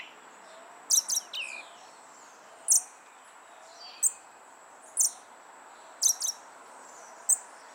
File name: Western red legged thrush